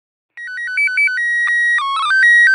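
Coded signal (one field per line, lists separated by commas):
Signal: SSTV (slow-scan television)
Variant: PD 120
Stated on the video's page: ARISS SSTV images transmitted from the ISS in a memorial series.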